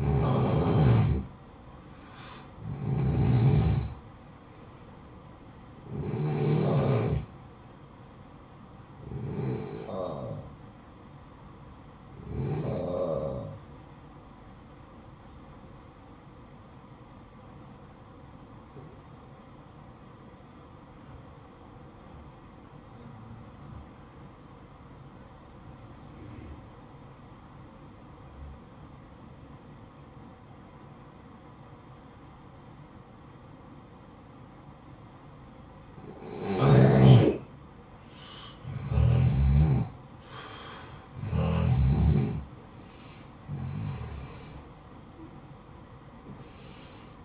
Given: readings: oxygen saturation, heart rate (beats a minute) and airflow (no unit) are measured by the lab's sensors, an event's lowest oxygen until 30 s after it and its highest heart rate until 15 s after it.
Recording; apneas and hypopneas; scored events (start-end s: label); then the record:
breathing in sleep by a smartphone at the bedside; 1
12.00-37.00 s: hypopnea (N1, oxygen 94% highest, then 87% lowest, heart rate 61 at the start, 72 highest)
13.00-43.00 s: new sleep stage, N2 (light sleep)
43.00-47.25 s: new sleep stage, N1 (lightest sleep)
From the record:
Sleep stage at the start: N1 (lightest sleep); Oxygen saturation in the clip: 89 to 94%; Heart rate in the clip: 54 to 72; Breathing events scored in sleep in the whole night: 573 in 9.8 hours asleep